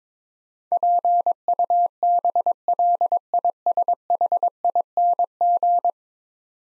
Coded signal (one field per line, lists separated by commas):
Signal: Morse code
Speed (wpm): 22 wpm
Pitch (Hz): 700 Hz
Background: none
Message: PUBLISHING